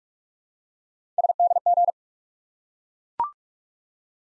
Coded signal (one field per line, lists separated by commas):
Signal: Morse code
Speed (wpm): 44 wpm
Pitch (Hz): 700 Hz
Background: none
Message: SDG